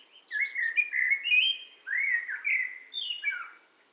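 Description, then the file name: Eurasian blackbird song: a long, relaxed phrase of low whistled notes that slide and turn, with a few higher notes slipped in. "Turdus merula"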